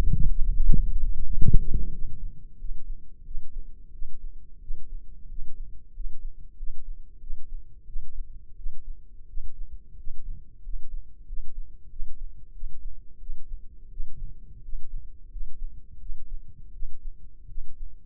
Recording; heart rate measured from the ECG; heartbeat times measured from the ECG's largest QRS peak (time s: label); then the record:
heart sounds by microphone in the left ear; 88 bpm
0.51 s: heartbeat
1.19 s: heartbeat
1.89 s: heartbeat
2.56 s: heartbeat
3.22 s: heartbeat
3.90 s: heartbeat
4.58 s: heartbeat
5.26 s: heartbeat
5.91 s: heartbeat
6.54 s: heartbeat
7.18 s: heartbeat
7.84 s: heartbeat
8.54 s: heartbeat
9.25 s: heartbeat
9.95 s: heartbeat
10.60 s: heartbeat
11.24 s: heartbeat
11.87 s: heartbeat
12.51 s: heartbeat
13.17 s: heartbeat
13.88 s: heartbeat
14.60 s: heartbeat
15.28 s: heartbeat
15.97 s: heartbeat
16.70 s: heartbeat
17.46 s: heartbeat
From the record:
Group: healthy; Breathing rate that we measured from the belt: 14 breaths a minute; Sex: male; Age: 21 years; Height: 180 cm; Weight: 67.5 kg